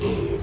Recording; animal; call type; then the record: contact call of a hoofed animal; pig; closed-mouth grunt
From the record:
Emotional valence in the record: positive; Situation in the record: food and toys in familiar pen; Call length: 0.42 s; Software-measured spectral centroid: 1730 Hz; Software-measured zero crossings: 970 a second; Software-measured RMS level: -24 dBFS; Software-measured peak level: -13 dBFS